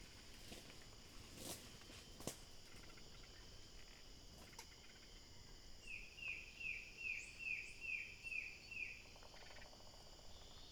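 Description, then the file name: Bird call: a burst of several quick, high, falling notes at a steady pace in the second half, amid continuous insect hiss and a few faint clicks. "SABIOD 50 bird 2015"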